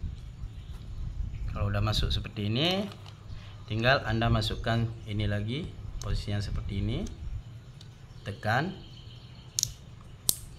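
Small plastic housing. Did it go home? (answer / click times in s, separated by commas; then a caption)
yes / 10.3 s. Someone talks while pressing the reassembled plastic housing of the rear tailgate release switch from an Avanza/Xenia back together, with a couple of sharp ticks near 9.6 s. The cover snaps shut with a single crisp click at 10.3 s, fully seated and closed.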